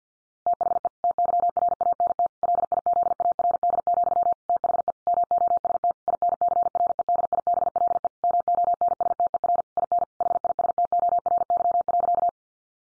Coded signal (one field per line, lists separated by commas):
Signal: Morse code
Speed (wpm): 49 wpm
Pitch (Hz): 700 Hz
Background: none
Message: THE TYRANT LIZARD, THE MOST INCREDIBLE MONSTER IN HISTORY.